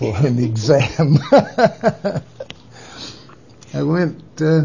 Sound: laughs

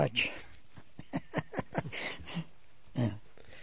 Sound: he laughs

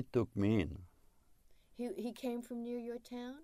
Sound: none

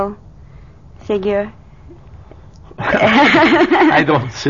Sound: she laughs

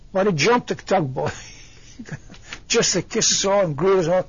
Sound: he laughs

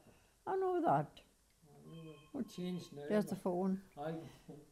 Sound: a telephone rings

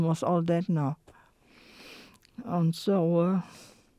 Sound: breathes sharply

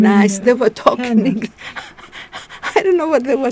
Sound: laughing

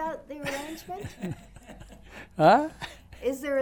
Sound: laughs

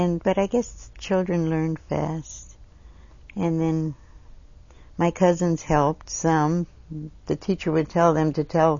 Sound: none

